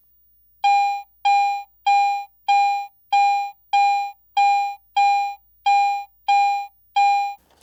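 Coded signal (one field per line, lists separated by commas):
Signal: none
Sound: metal detector target tones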